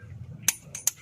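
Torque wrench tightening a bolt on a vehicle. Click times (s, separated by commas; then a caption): 0.5 s. A torque wrench tightens a bolt on a vehicle after it has been ratcheted down, and it gives a sharp click at 0.5 s, followed by two more short metallic ticks at about 0.8 s and 0.9 s. The click means the bolt has reached its torque setting and is at spec, without over-tightening and stripping the thread.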